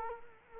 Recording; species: mosquito wingbeat signal from an infrared sensor; Culex quinquefasciatus